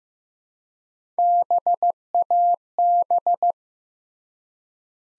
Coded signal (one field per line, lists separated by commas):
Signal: Morse code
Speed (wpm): 15 wpm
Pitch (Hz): 700 Hz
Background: none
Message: BAB